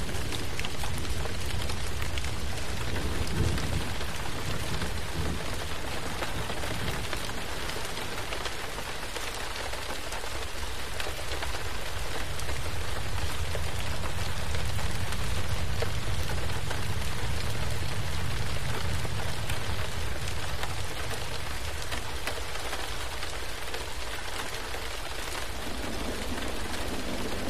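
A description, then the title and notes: Steady, dense rain patters against a window, with a fine crackle of drops spread evenly from low to high. A deep, rolling rumble swells underneath through the middle of the clip, like thunder, then eases before rising again near the end. Rain Sounds On Window With Thunder.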